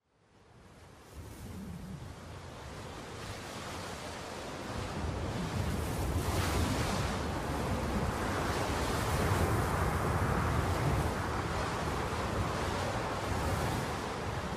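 Steady hiss of light, drizzling rain in the evening mixed with gusting, biting cold wind, fading in and swelling louder after the first few seconds, then holding a dense, rushing roar with no voices.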